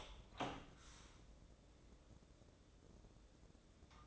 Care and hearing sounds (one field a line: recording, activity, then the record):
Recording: daily activity, microphone in the room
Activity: open door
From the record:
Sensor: 3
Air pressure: 1012.3 hPa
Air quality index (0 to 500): 180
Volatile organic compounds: 3 ppm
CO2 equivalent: 1379 ppm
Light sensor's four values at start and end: 499/1239/510/519 and 504/1251/515/525